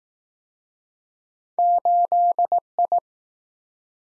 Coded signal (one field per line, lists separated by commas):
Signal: Morse code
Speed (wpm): 20 wpm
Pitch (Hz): 700 Hz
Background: none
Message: 8I